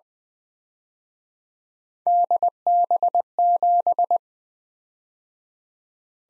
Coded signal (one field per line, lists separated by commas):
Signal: Morse code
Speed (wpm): 21 wpm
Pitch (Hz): 700 Hz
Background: none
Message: DB7